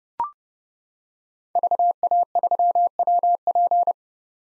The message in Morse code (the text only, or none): VA3WP